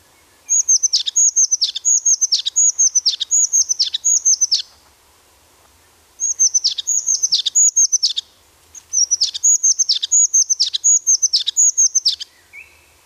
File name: crested tit